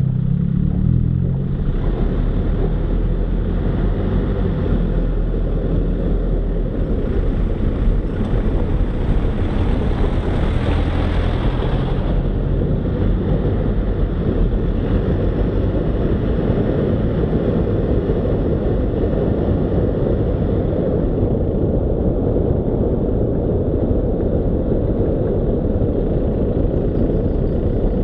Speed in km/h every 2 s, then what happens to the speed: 11, 14, 18, 15, 10, 14, 17, 24, 30, 32, 33, 34, 30, 23.
0-5 speeds up to 18. 5-9 slows to 10. 9-21 speeds up to 34. 21-28 slows to 23.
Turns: none.